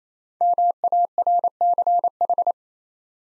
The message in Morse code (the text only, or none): MARCH